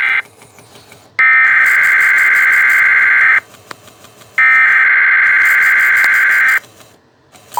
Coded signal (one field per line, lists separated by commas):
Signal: Emergency Alert System (SAME) tones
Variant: header bursts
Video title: Civil Emergency Message for a Blue Alert TFT 911 EAS Endec Relay